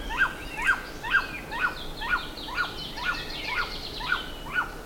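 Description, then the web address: Bird calling clearly in an even rhythm, one short ringing note roughly every half second, ten in a row, with faint higher chirps behind. "BIRD 2015 SABIOD 50 bird 2015"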